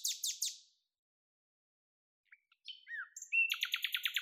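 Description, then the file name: Common nightingale song: the end of a rapid trill, a pause, then a fresh phrase of varied slurred notes running into a quick repeated series. "Luscinia megarhynchos"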